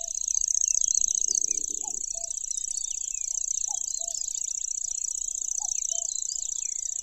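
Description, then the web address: Lanceolated warbler reeling song, an insect-like high trill without pause, with other birds chirping and soft low notes repeating. "makinosennyu"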